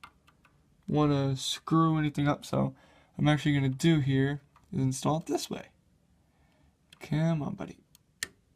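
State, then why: Seated. A SATA data cable is pushed into its SATA port on a drive or motherboard while storage is installed in a PC. Someone talks through most of the clip, then a short sharp click at 8.2 s shows the cable seating.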